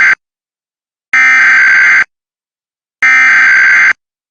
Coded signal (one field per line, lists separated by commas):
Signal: Emergency Alert System (SAME) tones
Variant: header bursts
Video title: Coronavirus Civil Alert for Michigan Extended Stay at home Order -EAS Unedited 4/09/20